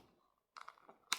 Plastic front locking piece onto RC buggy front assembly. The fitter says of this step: locks it all together. Pops on like so.